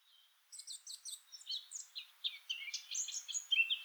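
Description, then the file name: Eurasian blackcap song: a rapid, varied warble of scratchy and clear notes that starts after half a second and runs without a break to the end. "Sylvia atricapilla"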